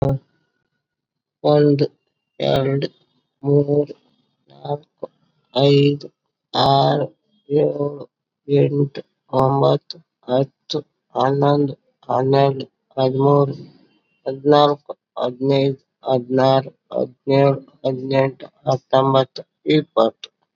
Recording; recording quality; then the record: counting at a normal pace; excellent, no background noise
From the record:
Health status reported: COVID-19 positive, mild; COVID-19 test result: positive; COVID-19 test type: RT-PCR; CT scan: not taken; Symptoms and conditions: cough, fever, fatigue, diabetes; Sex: female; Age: 60 years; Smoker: no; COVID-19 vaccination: both doses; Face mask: not worn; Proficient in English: yes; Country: India